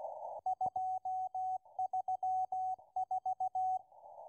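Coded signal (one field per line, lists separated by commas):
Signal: Morse code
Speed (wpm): 16 wpm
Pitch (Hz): 750 Hz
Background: radio noise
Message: 234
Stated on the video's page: Russian Morse number station M12 heard on 11139 kHz.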